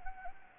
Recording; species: mosquito wingbeat signal from an infrared sensor; Anopheles gambiae